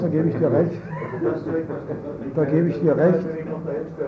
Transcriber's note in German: Lachen